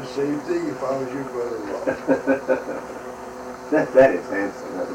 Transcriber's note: chuckles